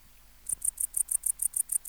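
Tettigonia hispanica bush-cricket song starting after half a second of near silence, then about ten crisp high pulses in quick, even succession.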